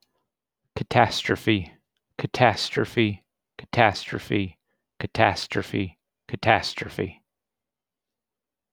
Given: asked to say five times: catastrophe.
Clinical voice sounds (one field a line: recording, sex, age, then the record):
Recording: repeated word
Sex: male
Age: 30 to 39 years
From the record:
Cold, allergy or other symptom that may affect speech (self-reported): no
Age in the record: 37 years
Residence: North Carolina, United States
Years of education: 16